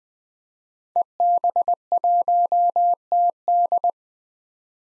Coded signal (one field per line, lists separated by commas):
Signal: Morse code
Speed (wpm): 20 wpm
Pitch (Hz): 700 Hz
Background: none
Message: EB1TD